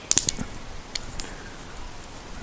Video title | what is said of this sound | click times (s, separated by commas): 2012 VW Touareg Trailer Brake Controller Installation | then this should pop closed. | 0.1 s